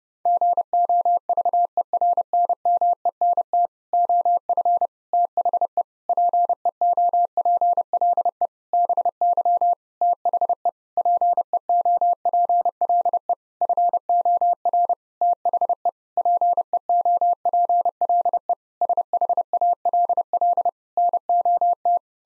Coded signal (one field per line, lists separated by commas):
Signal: Morse code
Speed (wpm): 30 wpm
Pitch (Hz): 700 Hz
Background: none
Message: GOVERNMENT OF THE PEOPLE BY THE PEOPLE FOR THE PEOPLE SHALL NOT